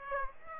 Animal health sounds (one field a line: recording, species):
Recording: mosquito wingbeat signal from an infrared sensor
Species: Aedes aegypti